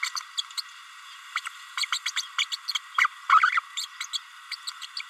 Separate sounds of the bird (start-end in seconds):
0.02-0.10, 0.37-0.41, 0.57-0.61, 1.35-1.40, 1.45-1.49, 1.77-1.85, 1.92-1.99, 2.05-2.11, 2.38-2.45, 2.52-2.56, 2.98-3.07, 3.29-3.52, 3.77-3.86, 4.00-4.04, 4.13-4.18, 4.51-4.56, 4.67-4.70, 4.96-5.02